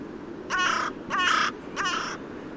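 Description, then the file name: Carrion crow calling three rough, nasal caws in an even series, each caw about 0.4 seconds with short pauses between. "Corvus corone"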